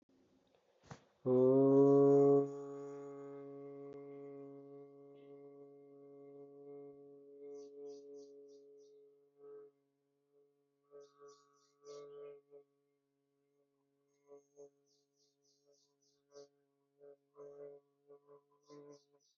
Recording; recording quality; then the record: sustained vowel as in boot; moderate, slight background noise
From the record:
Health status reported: healthy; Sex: male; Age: 23 years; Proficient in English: yes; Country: India